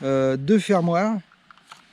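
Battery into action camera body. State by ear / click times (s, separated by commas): seated / 1.5 s, 1.7 s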